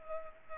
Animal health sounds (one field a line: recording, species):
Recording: mosquito wingbeat signal from an infrared sensor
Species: Culex pipiens